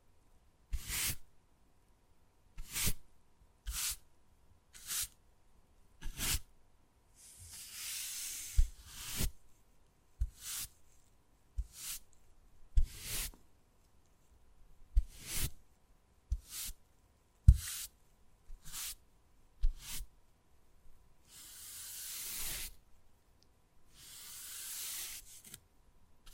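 Wood carving with sharp, bright taps and scrapes that come in irregular bursts, roughly one or two each second. Several longer rasping strokes stand out near 8, 21 and 24 seconds, with short silences between the strikes.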